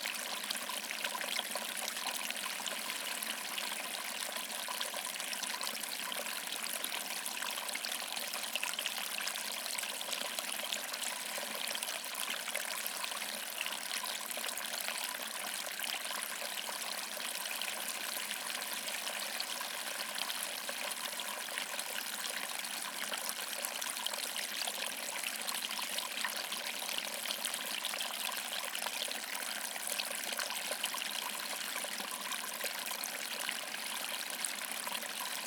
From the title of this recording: Cute and Tiny Waterfall